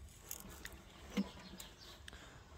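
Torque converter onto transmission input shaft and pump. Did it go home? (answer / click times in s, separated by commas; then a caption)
yes / 0.3 s, 0.7 s, 2.1 s. A metal torque converter is spun slightly and pushed further onto a Performabuilt transmission's input shaft and pump, giving sharp metallic clunks at 0.3, 0.7 and 2.1 seconds over low rumbling and faint scraping. The converter clunks fully home and is seated, which usually takes three or four clunks.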